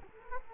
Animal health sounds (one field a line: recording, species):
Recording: mosquito wingbeat signal from an infrared sensor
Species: Culex quinquefasciatus